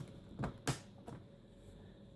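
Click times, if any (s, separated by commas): 0.7 s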